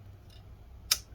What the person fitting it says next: There we go. Clicked into place.